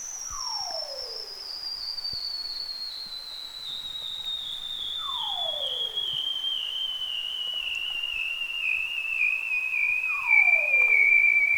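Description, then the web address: Bearded seal giving a long high whistle-like trill that slides slowly downward throughout, with short falling sweeps repeating about every five seconds. "Biodiversity of Marine Sound Bearded seal"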